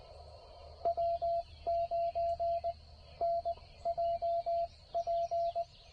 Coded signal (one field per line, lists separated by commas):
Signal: Morse code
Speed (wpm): 18 wpm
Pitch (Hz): 690 Hz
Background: radio noise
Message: W9NJP